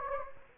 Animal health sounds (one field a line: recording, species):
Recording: mosquito wingbeat signal from an infrared sensor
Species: Anopheles gambiae